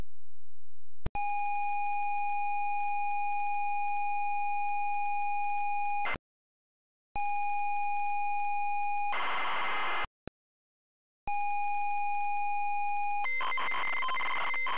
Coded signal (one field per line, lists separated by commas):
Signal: ZX Spectrum tape loading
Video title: ZX SPECTRUM Loading Avenger 1986 Gremlin Graphics